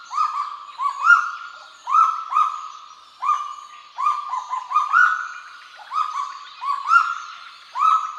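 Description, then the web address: Kagu calls repeated about once a second: bright, held yelps at one pitch, bunched into overlapping runs with small breaks. "sound Kagu. صدای-پرنده-کاگو"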